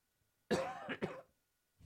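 Two short, voiced cough bursts from an adult man, about half a second apart, with a rough, throat-clearing quality in a quiet room. A plain, isolated cough with no other sounds around it.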